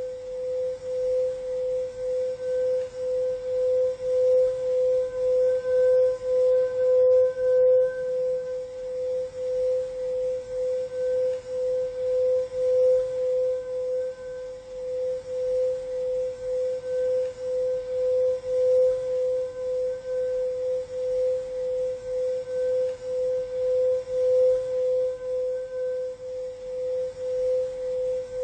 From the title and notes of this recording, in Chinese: 冥想颂砵声丨频率。